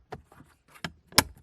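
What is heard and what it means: The plastic glove box of a 2011 Ford Escape is refitted into the dashboard opening after a blower motor resistor replacement, its sides pressed in so it clips past the dash stops. A light tap comes first, then sharp plastic clicks at 0.8 s and 1.2 s, the second the loudest, as the glove box snaps back into place and is seated.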